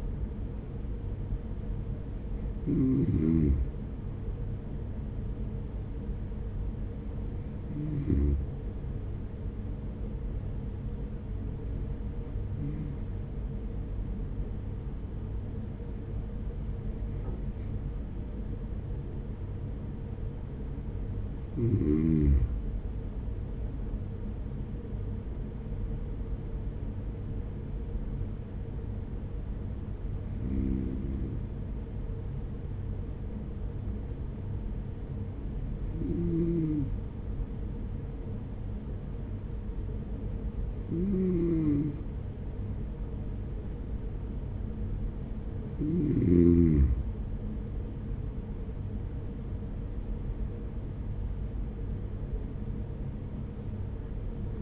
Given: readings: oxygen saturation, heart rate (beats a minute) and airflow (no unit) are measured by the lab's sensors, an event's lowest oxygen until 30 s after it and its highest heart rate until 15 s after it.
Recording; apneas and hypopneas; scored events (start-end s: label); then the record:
breathing in sleep by a smartphone at the bedside; 2
8.00-22.70 s: hypopnea (N1, oxygen 94% highest, then 94% lowest, heart rate 51 at the start, 51 highest)
32.00-48.20 s: hypopnea (N1, oxygen 95% highest, then 94% lowest, heart rate 49 at the start, 69 highest)
51.00-54.62 s: new sleep stage, awake
From the record:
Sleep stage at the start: N1 (lightest sleep); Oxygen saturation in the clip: 94 to 95%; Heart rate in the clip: 44 to 52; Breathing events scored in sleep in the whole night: 210 in 6.9 hours asleep